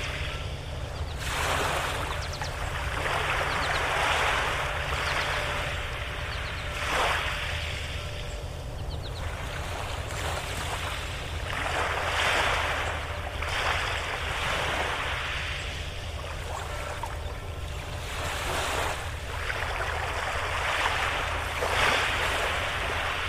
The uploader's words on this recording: Relax Fast with Soothing Water Sounds by Dock.